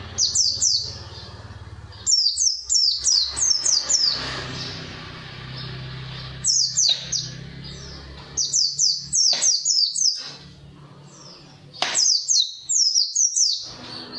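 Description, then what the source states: White-eye song, repeated bursts of fast high descending chirps over steady low humming background noise. Pleci in ngalas ngeroll singing style.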